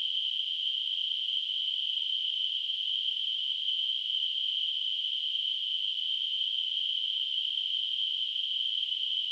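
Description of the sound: A steady, high-pitched hissing band of noise holds without change for about nine seconds. It is a simulated tinnitus sound, imitating the constant ringing or hissing a person with tinnitus perceives.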